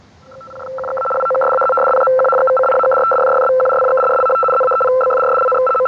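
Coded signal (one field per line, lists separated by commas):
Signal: RTTY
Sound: rapid warbling between a low and a high tone, continuous chattering teletype keying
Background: radio static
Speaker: The teletype signal is composed only of dots, however, and is usually much faster than CW.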